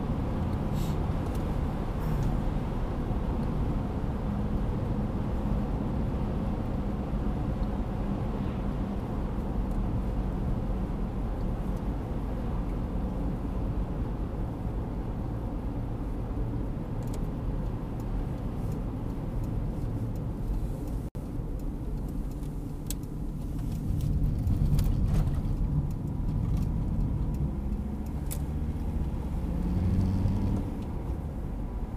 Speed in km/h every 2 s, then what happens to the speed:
83, 80, 78, 75, 72, 69, 67, 64, 57, 51, 43, 34, 26, 25, 32, 43.
0-24 slows to 26. 24-32 speeds up to 43.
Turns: none.